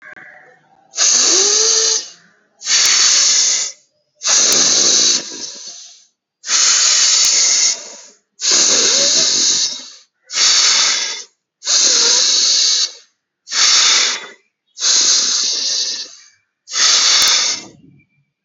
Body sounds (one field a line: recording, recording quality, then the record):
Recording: deep breathing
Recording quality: excellent, no background noise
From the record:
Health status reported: healthy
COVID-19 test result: negative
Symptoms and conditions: cold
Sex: male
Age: 23 years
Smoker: not ticked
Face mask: not worn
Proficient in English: yes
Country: India